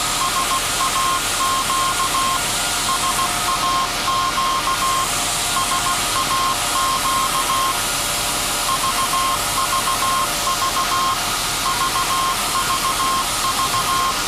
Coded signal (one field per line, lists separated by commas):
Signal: Morse code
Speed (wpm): 16 wpm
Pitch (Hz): 1060 Hz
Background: none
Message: SAQ SAQ SAQ VVV VVV